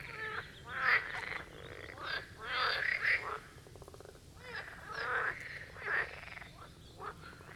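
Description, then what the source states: Marsh frogs croak in loud rattling bursts, some long, others short, with a quieter pause midway before the chorus resumes. Chorus of marsh frogs at the Birkensee, Schönbuch, Germany; recorded on one of the first properly hot summer days, 2023.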